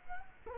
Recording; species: mosquito wingbeat signal from an infrared sensor; Culex quinquefasciatus